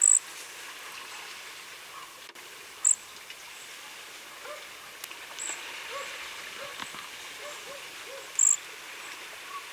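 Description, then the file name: Cedar waxwing giving three brief, very high, thin hissing notes spread over ten seconds, against a steady soft background hiss. "Bombycilla cedrorum - Cedar Waxwing"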